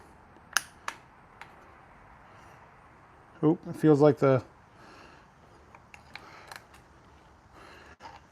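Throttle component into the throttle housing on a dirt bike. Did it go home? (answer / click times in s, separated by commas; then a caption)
partly / 0.6 s. A G2 throttle component is pushed into the throttle housing on a KTM 500 EXC-F dirt bike, giving a sharp click at 0.6 s, followed by two fainter clicks near 0.9 and 1.4 s. Someone then talks briefly, and a few light clicks and ticks follow between about 5.7 and 6.6 s. The part went in but is not fully home.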